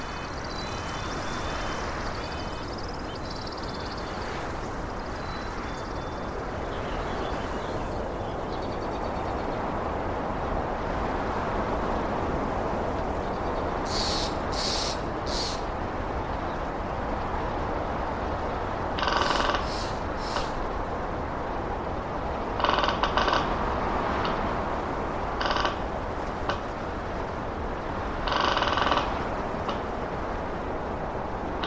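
A dense, steady outdoor wash of rushing noise runs the whole way, with a low rumble underneath. In the second half, short, sharp, bright bursts cut through at around 14, 19, 23, 25 and 28 seconds, some in quick pairs.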